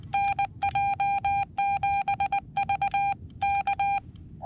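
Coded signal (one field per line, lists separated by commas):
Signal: Morse code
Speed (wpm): 20 wpm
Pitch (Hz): 800 Hz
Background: none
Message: NJ7V K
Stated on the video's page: Morse from a Summits on the Air portable activation using a Xiegu X6100 transceiver and a Morse pocket double paddle.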